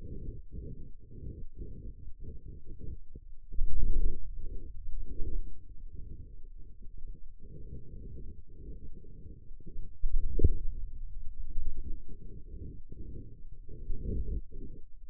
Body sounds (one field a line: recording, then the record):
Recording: forearm muscle sounds (acoustic myography)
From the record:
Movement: hand closing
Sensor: system 2, bracelet of six BSWA MPA416 microphones around the upper forearm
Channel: 6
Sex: male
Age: 22 years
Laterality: right